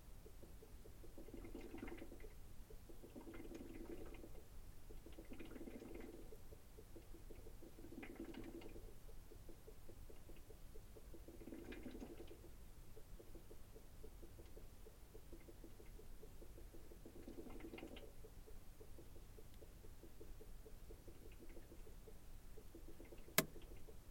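Inside a fridge, a steady low hum runs the whole time. Over it, a buzzing rattle swells in and out in short bursts every few seconds, fading after about eighteen seconds, and a single sharp click sounds just before the end.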